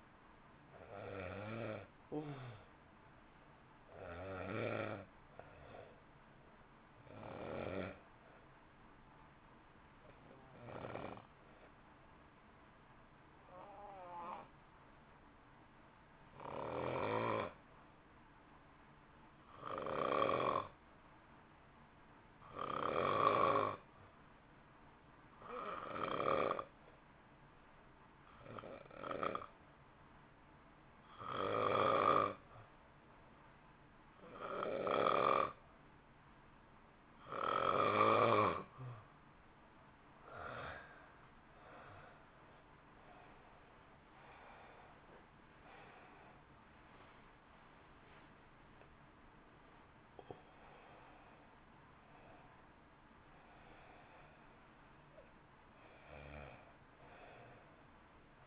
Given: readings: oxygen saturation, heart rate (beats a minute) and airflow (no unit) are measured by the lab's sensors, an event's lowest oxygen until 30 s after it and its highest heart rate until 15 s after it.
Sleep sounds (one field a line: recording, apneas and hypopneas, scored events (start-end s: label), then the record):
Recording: breathing in sleep by a voice recorder at the bedside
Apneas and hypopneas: 1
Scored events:
13.00-43.30 s: hypopnea (N1, oxygen 93% highest, then 84% lowest, heart rate 53 at the start, 71 highest)
20.00-50.00 s: new sleep stage, N2 (light sleep)
50.00-58.47 s: new sleep stage, N1 (lightest sleep)
From the record:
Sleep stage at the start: N1 (lightest sleep)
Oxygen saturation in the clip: 85 to 93%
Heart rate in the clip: 52 to 71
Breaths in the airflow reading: 17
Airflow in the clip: -2.5 to 2.7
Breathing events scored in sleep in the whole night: 328 in 6.3 hours asleep